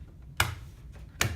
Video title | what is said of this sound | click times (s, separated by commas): Real time installation of IQ panel 2, camera, door/window sensors, and a motion sensor | we push it flat on the bottom snap into place | 0.4 s, 1.2 s